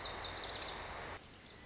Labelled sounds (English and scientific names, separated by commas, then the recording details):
Lazuli Bunting (Passerina amoena)
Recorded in Sonoma County, California